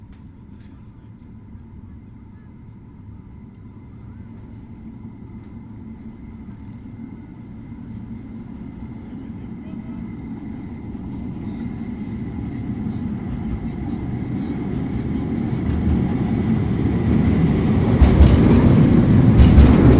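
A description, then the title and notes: A metro train approaches, its low rumble swelling steadily louder across the whole clip. Faint steady whines ride above the rumble, and in the last few seconds the train draws close, bringing hissing, rattling bursts as it nears. Porto Metro Passing. Binaural field recordings of the Porto Metro.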